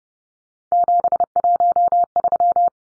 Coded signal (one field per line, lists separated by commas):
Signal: Morse code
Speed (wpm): 30 wpm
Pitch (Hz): 700 Hz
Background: none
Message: 713